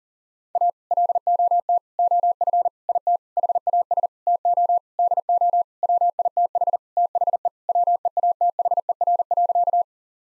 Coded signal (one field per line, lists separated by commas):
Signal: Morse code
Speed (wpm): 40 wpm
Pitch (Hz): 700 Hz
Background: none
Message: A LOT OF IT HAS TO DO WITH THE WEATHER.